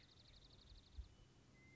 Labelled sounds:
Western Meadowlark
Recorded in Sonoma County, California

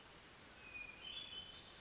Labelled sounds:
Hermit Thrush
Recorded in Sonoma County, California

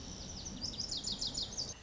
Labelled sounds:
Lazuli Bunting
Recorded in Sonoma County, California

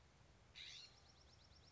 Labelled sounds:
California Scrub-Jay
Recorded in Sonoma County, California

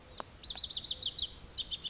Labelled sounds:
Pacific Wren
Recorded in Sonoma County, California

